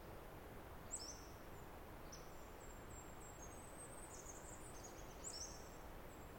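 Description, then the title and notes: Pacific wren song with high, thin tinkling notes and brief twittering runs scattered throughout, set against a continuous low hiss. Recorded along the Snider Jackson/Rugged Ridge trail, May 11-13 2018, in the morning after a dawn chorus; the wren sang about 20 minutes in trees above the microphone, then flew down closer; unmastered. "The very loud Pacific Wren. Snider Jackson/ Rugged Ridge trail. 2018 May 11-13"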